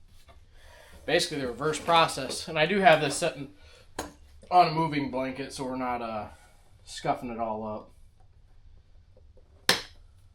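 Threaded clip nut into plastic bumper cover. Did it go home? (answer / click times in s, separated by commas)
yes / 9.7 s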